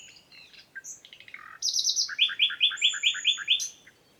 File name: Luscinia megarhynchos